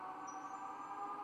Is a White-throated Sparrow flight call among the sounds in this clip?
no